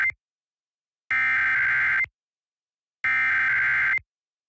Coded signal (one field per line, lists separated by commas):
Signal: Emergency Alert System (SAME) tones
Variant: header bursts